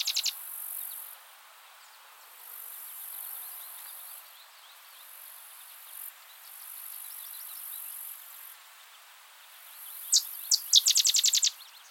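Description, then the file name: Sedge wren song: a few sharp chips, then a loud dry staccato chatter of rapid high notes near the end. Fainter, similar chattering continues in the background throughout. "Cistothorus stellaris - Sedge Wren"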